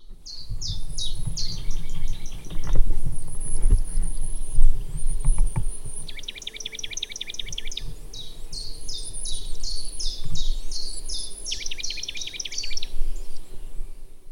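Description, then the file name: Marsh tit giving thin high notes and rapid chattering trains of buzzy calls in bursts, with a steady low rumble underneath throughout. "Poecile palustris"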